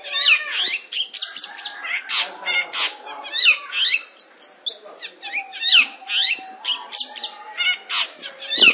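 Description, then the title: Long-tailed shrike song, a varied run of harsh chatters, sweeping whistles and rapid buzzy notes in quick succession, with frequent changes of phrase. "Audio Cendet Pentet"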